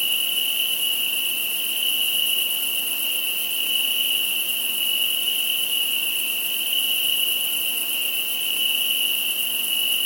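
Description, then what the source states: Steady insect chorus, a shrill continuous trill with a higher hiss above it, even and unchanging. Insects at night.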